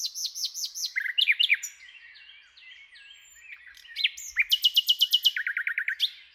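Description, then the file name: Nightingale song opening with repeated swooping whistles, then soft warbling, and ending with a fast run of clipped notes that drops into a lower trill. "Luscinia megarhynchos"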